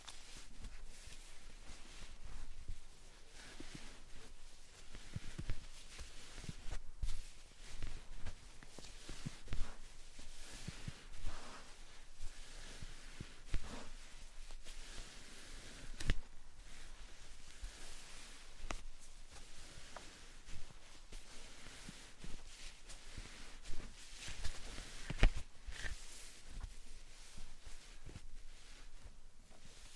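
Slime and sand are being handled with soft, wet squishing and gritty crackling that runs through the whole stretch. Small pops and crunches come irregularly, a few every second, some sharper ones standing out, over a quiet hissy bed with faint low thumps.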